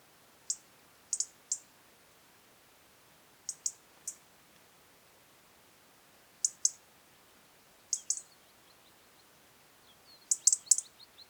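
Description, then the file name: European robin calls: hard, high clicks given singly, in pairs and in threes at irregular intervals, ending in a faster rattling cluster. "Erithacus rubecula"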